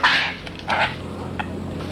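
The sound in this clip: Yellow-crowned Night Heron giving two harsh, hoarse squawks, then a fainter short note, over a low steady hum.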